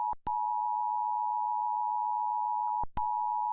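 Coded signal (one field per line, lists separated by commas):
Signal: Emergency Alert System (SAME) tones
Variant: 853 and 960 Hz attention tone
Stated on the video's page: 2017 National Periodic Test from a Philadelphia PBS television station.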